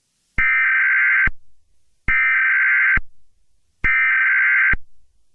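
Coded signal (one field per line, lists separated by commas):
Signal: Emergency Alert System (SAME) tones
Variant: header bursts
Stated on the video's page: Fictional Valentine's zombie EAS scenario, a simulated alert that uses valid EAS tones.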